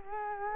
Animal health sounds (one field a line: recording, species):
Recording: mosquito wingbeat signal from an infrared sensor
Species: Culex quinquefasciatus